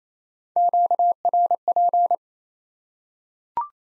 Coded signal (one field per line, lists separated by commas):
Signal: Morse code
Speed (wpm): 28 wpm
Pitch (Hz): 700 Hz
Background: none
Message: QRP